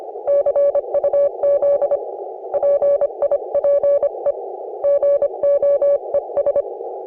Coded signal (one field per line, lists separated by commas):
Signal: Morse code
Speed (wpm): 30 wpm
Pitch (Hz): 560 Hz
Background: none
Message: CUZ PIPE GOES